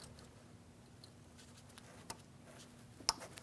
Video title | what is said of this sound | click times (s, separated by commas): How to Replace Front ABS Wheel Speed Sensors 2016-2015 Chevrolet Malibu | There's our click. It is secure. It's not sliding out of place. | 3.1 s